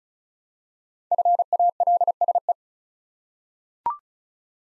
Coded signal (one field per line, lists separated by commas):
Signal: Morse code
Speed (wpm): 36 wpm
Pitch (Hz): 700 Hz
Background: none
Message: FALSE